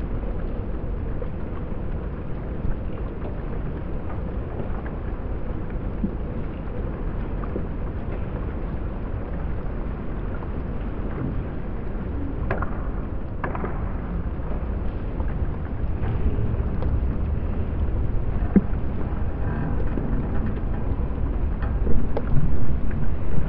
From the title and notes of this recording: The eery-strange chaotic sounds made by floating pontoons moving in response to watery energies. In mid-winter this year, I went down to a favourite pontoon that floats alongside the Sydney Opera House at a place named the Man O’War Steps. I went to the Man O’War pontoon with a contact microphone to attach to the structure and a hydrophone to listen underwater.